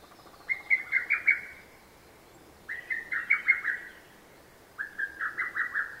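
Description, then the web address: Lesser cuckoo calling: three rapid, staccato phrases of several sharp notes each, roughly two seconds apart, over a faint background hiss. "hototogisu nakigoe"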